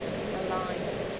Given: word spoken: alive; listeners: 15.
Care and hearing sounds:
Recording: one English word in noise, from a listening test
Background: speech-shaped noise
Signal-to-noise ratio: -4.2 dB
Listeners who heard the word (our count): 1 of 15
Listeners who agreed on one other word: 11 of 15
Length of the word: 0.80 s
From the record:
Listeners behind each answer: 11, 2, 1, 1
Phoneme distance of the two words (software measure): 10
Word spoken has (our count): 2 syllables, 4 phonemes, stress on syllable 2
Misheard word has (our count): 2 syllables, 4 phonemes, stress on syllable 2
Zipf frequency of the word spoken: 4.82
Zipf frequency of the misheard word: 2.86

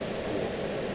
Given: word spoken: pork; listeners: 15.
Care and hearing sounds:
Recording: one English word in noise, from a listening test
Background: speech-shaped noise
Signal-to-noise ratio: -6.3 dB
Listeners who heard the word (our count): 0 of 15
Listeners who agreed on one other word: 8 of 15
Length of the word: 0.55 s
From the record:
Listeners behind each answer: 8, 2, 1, 1, 1, 1, 1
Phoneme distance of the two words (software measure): 10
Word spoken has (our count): 1 syllable, 3 phonemes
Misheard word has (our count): 1 syllable, 3 phonemes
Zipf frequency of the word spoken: 4.39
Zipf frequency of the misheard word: 5.19

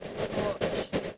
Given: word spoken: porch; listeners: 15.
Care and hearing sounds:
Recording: one English word in noise, from a listening test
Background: noise modulated by three-talker babble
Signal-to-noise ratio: -7.7 dB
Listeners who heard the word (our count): 4 of 15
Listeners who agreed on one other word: 8 of 15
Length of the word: 0.78 s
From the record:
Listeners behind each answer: 8, 4, 2, 1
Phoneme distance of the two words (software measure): 20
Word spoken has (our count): 1 syllable, 3 phonemes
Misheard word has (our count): 1 syllable, 3 phonemes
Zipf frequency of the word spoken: 3.47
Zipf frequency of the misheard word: 5.30

